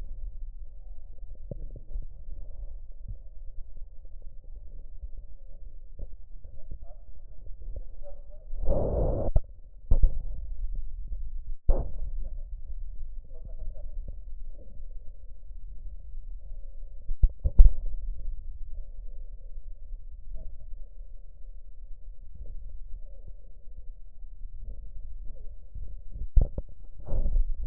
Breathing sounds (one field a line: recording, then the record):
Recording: lung sounds by stethoscope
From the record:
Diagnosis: emphysema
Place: left posterior upper chest